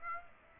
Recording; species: mosquito wingbeat signal from an infrared sensor; Aedes aegypti